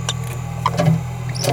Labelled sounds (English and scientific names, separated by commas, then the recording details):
Green-rumped Parrotlet (Forpus passerinus) babbling
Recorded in a nest box in Venezuela
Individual 18B17A4